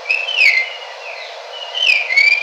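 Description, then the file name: Red-tailed palm thrush giving two whistled phrases, each with descending slurred notes and higher overtones. In Kinshasa at 2 am. "redtailed palm thrush 13 Kinshasa"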